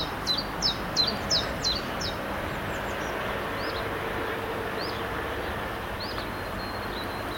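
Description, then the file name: Common chiffchaff singing, a quick series of high downward-sweeping notes alternating up and down, then scattered lone notes, with a low background rumble. "zilpzalp"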